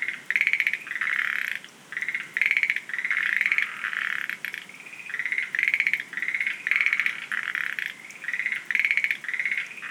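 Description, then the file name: Schlegel's green tree frogs in a dense run of pulsed, rattling croaks, bursts following almost continuously, with some calls overlapping. "rodolphe alexis - rhacophorus schlegelii"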